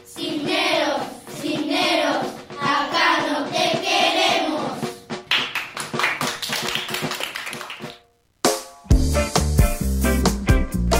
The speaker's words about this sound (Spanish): Escuchan los aplausos del otro lado del vidrio. Está muy comprometido este cuarto grado con la tarea que han hecho.